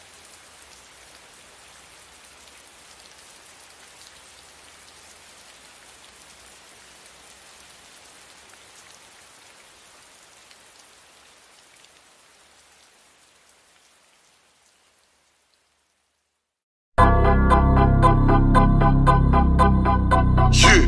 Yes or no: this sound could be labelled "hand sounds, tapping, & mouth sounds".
no